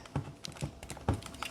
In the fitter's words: and that is nicely locked.